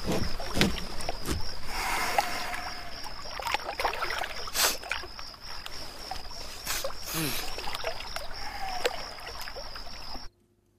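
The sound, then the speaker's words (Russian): Water splashes and sloshes irregularly around a boat as a person standing in water just above knee depth jumps, falls onto their back and swims, with a few sharp bursts of splashing and a steady high hiss running underneath throughout. “Стоит в воде, глубина чуть выше колена. Подпрыгивает, падает на спину, плывет.”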